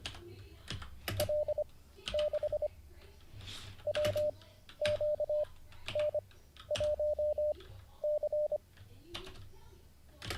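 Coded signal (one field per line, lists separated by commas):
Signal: Morse code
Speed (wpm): 25 wpm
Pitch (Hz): 600 Hz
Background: none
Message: L6 WQN1C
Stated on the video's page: Livestreamed Morse code learning session, day 49.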